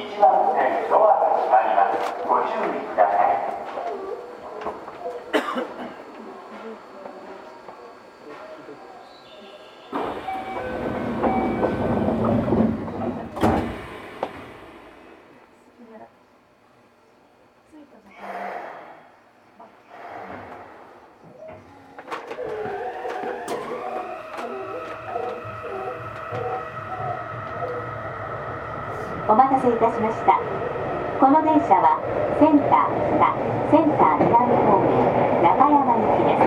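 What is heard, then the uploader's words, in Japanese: Recorded inside a subway train: voices and clattering fill the opening seconds, then a low rumble as it slows and falls nearly silent around the middle while stopped. From about 23 seconds the motor whine rises in steady tones as the train pulls away, with running noise continuing to the end. 横浜市営地下鉄10000形 日吉〜センター北。グリーンラインで録音。グリーンラインはリニアモーター方式でブルーラインより静かです。車体はオールアルミニウム合金製の無塗装車体とし、全長15.6m・片側3扉構造を持ち。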